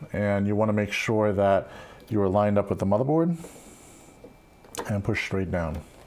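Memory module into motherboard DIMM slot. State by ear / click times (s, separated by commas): not seated / none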